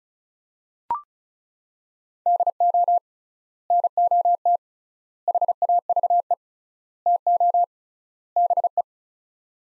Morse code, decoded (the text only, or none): DO NOT HAVE TO BE